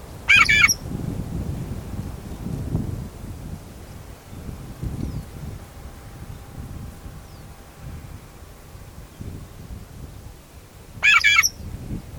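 Shrike call: two short grating squawks about ten seconds apart, with steady wind rumbling in between.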